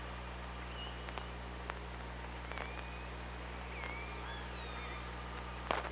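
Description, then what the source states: Killer whale whistles, thin rising and falling tones with a few sharp clicks scattered through, over steady low hum and hiss. Recorded by hydrophone at OrcaLab on 24 August 2017, around 06:20.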